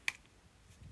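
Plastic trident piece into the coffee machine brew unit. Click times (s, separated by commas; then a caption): 0.1 s. A trident-shaped plastic piece is pushed into its correct position in the brew unit of a Melitta Barista Varianza Passion coffee machine during maintenance. It seats with a sharp click at 0.1 s, followed by a faint second tick at 0.3 s, and the piece is confirmed in its place.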